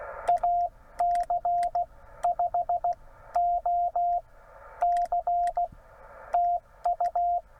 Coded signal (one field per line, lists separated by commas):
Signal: Morse code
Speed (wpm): 16 wpm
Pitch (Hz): 690 Hz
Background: radio noise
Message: AC5OC TU